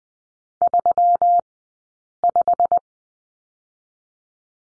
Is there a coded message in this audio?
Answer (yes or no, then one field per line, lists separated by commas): yes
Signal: Morse code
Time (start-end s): 0.6-2.8 s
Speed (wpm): 20 wpm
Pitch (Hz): 700 Hz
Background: none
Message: 35